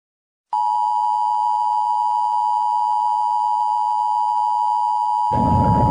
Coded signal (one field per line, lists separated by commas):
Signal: Emergency Alert System (SAME) tones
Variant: 853 and 960 Hz attention tone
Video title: EAS #1 Daylight Time *** WEEKLY TEST *** until 9:22AM, 8/13/23 [Recorded on KineMaster]